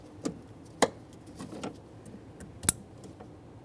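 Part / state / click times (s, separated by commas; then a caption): harness connector into window motor / seated / 0.8 s. A wiring harness connector is lined up and pressed into the window motor during a rear left window regulator replacement on a 2015-2020 Ford F-150. A faint tick at 0.3 s is followed by a sharp, loud click at 0.8 s as the connector seats, then softer handling noises and another sharp snap around 2.7 s. The connector is confirmed seated and is given a tug to check that it is secured.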